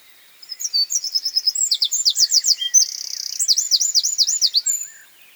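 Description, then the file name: Eurasian wren singing a fast, high-pitched run of ringing notes followed by repeated swooping phrases, with a brief dry rattling trill in the middle. "Troglodytes troglodytes"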